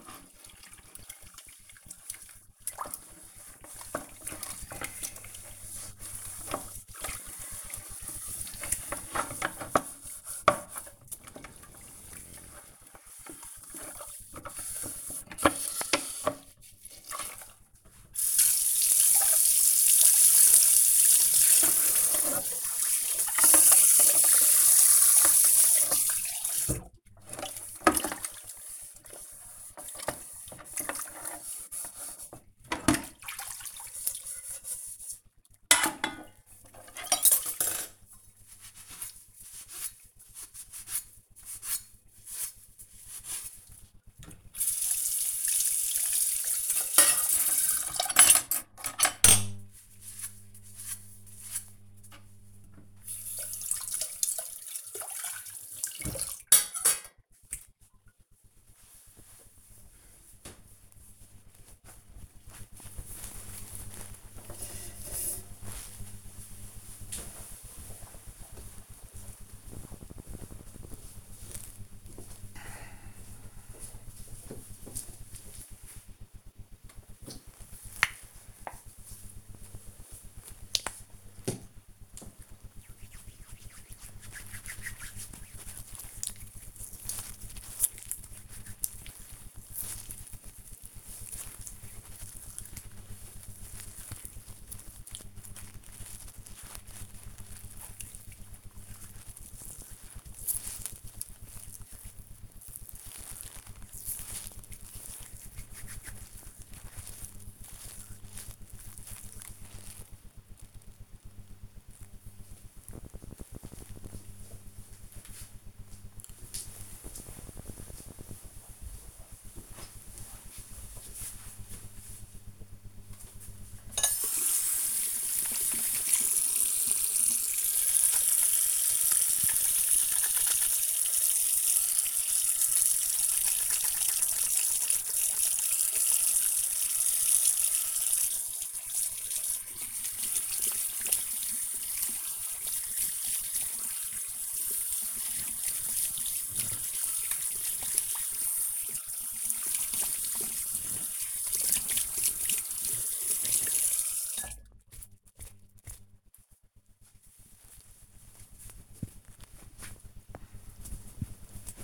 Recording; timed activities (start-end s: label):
household activities, microphone on the right wrist
0.00-56.33 s: washing dishes
76.42-108.56 s: cream hands
122.64-155.79 s: washing hands